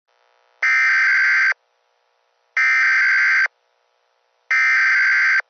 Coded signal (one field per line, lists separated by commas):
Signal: Emergency Alert System (SAME) tones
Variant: header bursts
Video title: (PREVIEW) |EAS Scenario #23| The Force of Herobrine (Uncancelled/Updated Title Name)